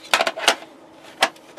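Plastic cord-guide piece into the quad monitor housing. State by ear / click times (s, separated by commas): not seated / none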